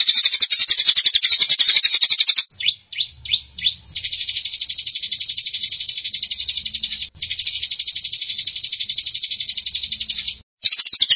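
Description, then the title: Canary song with long buzzy high trills broken by a few rising slurred notes, the trills running on for several seconds with short gaps. Champion singing canary. "Kicau Burung Kenari Juara"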